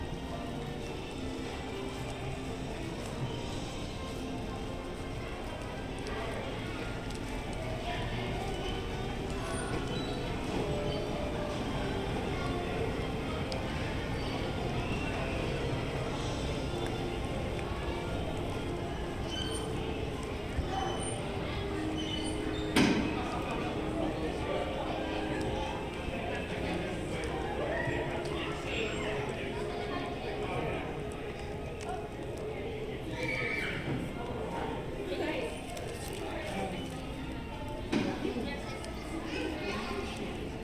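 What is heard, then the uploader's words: Hotel lobby ambience: a steady wash of overlapping voices and murmur fills the space, with soft background music underneath. Occasional footsteps and small clatters stand out, including a sharp knock around 23 seconds and a few brighter clinks near the end. Disneyland Hotel Fantasy Tower Binaural Ambience. The background music and sounds found in the hotel lobby, and surrounding area.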